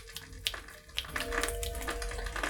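A few sharp hand claps made by a man in women's showers ring out, two spaced about half a second apart and then more, over a steady hiss of running shower water; no one speaks.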